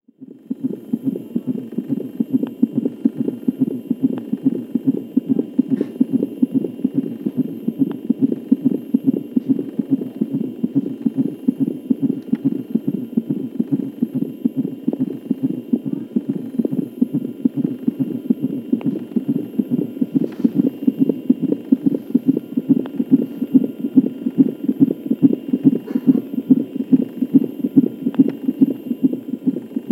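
Rapid, regular whooshing thumps near 143 a minute from a fetal heart Doppler (cardiotocography, CTG) monitor in Berlin at Heinrich-Heine, a normal fetal heart rate.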